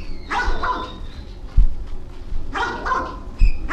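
A crow mimics a dog's bark: two separate bursts of harsh, mid-pitched, yelping barks a couple of seconds apart, with soft background noise and a few low thumps between them.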